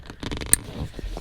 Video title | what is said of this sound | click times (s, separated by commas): How to Replace the Front Speakers and Tweeters in Your Acura MDX - 2007 2008 09 2010 2011 2012 2013 | that nicely Clicks in place now I'm going to put this inside | 0.5 s